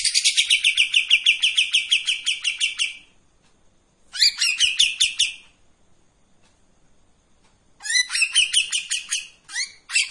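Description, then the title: Streak-eared bulbul song: a long, fast run of repeated high notes, then several shorter bursts after silent pauses. Sings energetically in tembakan and long besetan styles; intended as a training song for white-rumped shamas. "KAPAS TEMBAK GACOR TEMBAKAN DAN BESETAN PANJANG MASTERAN MURAI BATU PASTOL"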